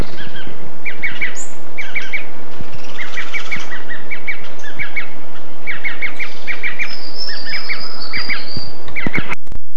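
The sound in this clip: Bird twitters in quick chirping phrases, with a thin sustained high note late on, over constant noise that cuts off abruptly at the end.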